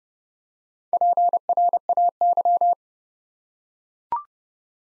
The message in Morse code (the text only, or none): PRAY